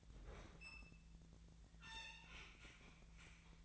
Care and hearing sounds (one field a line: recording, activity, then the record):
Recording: daily activity, microphone in the room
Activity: open fridge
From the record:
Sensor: 3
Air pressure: 1009.6 hPa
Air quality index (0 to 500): 193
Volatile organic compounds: 15 ppm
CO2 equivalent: 2511 ppm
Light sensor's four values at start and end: 38/94/40/43 and 38/94/40/43